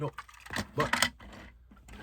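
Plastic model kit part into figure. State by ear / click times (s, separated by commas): seated / 1.9 s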